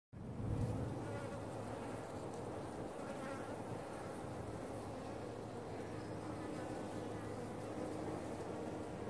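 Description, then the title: Bees humming in a continuous low buzz, swelling briefly at the start and then holding steady. Bees nesting in a cool spot. "Bees found a cool spot to nest"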